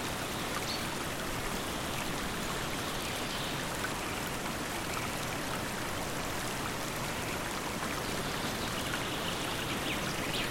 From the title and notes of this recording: FOREST CREEK AMBIENCE. Surrounded by the sounds of birds, a calm creek, and a small waterfall in the distance.